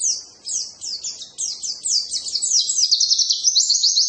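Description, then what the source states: White-eye song: continuous high, tumbling twitter that grows busier and denser toward the end. Pleci (white-eye); tutor recording (masteran) played so a pleci quickly opens its beak and starts singing.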